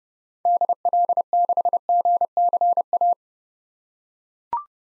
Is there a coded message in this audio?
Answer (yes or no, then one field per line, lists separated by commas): yes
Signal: Morse code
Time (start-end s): 0.5-3.1 s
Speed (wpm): 30 wpm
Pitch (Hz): 700 Hz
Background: none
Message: DL6GCA